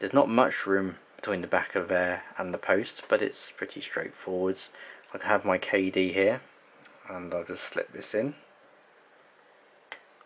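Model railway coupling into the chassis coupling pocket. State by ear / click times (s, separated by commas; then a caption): seated / 9.9 s. Someone talks, then a small plastic model railway coupling is slipped into the NEM coupling pocket on a 3D-printed OO model loco chassis. It clicks home at 9.9 s with a sharp, positive click, followed by a fainter tick at 10.2 s. The coupling is seated and holds firmly.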